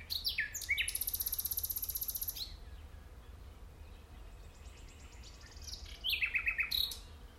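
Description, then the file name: Common nightingale song: a long, high, buzzy, rapidly pulsed trill, a quieter stretch, then a short burst of fast, descending notes. "Luscinia megarhynchos"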